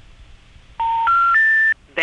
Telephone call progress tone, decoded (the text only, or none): special information tone